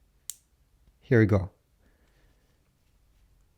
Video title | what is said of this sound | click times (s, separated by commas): How to change the band on the Fitbit Charge 5 | and there's a tab on the band itself you need to put them together and you need to hear a click | 0.3 s